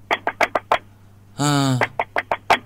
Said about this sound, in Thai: เคาะแบบรีบให้เปิดประตู เออ รีบอ่ะเคาะแบบรีบอ่ะฮะเหมือนแบบหนีมารีบๆเคาะให้เปิดประตูให้ได้